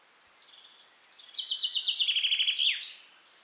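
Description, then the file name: Common chaffinch song: a few high thin notes, then a fast, even trill ending in a brief downward flourish. "Fringilla coelebs"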